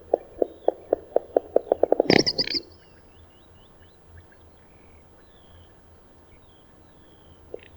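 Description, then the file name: Little bustard with dry pulses quickening into a brief loud rushing burst, followed by quiet with faint whistling birds in the background. "Strepet"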